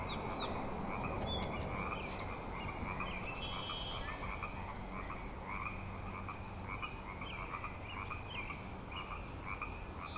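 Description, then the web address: Frogs in a dense chorus, many overlapping pulsing trills in a steady high band, with scattered bird whistles and a constant low rumble beneath. Frog chorus tuning up at Grafton Lake, 3 May 2009. "The Frog Chorus Tunes Up On Grafton Lake frogs 090503"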